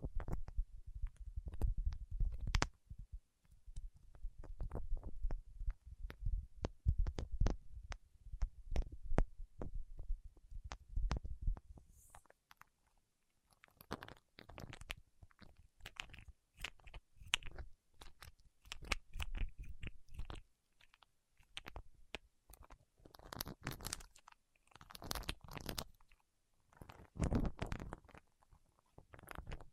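Fingertips work wax with sticky clicks and dull low thumps for twelve seconds, then brighter crackling, peeling bursts come in uneven clusters.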